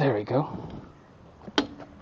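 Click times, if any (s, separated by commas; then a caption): 1.6 s. Someone talks briefly as a 1/2 in. drive click-type torque wrench is used. Tension on the wrench is then released after the torque click, and it gives a sharp second click at 1.6 s as the mechanism resets. That reset click confirms the torque setting has reset by itself.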